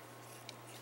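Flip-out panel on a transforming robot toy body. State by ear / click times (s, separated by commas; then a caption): not seated / none. A flip-out panel on the body of a plastic transforming robot toy, a ToyWorld H-03 Swamper, is handled as it is closed and flipped around. Over a steady low hum, a single short tick sounds at about 0.5 s. The part has not locked into place yet, and nothing has seated.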